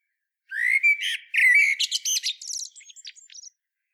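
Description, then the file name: Common blackbird song: a rising fluted opening turns into rapid squeaky notes and finishes with thin, high chips. "Turdus merula"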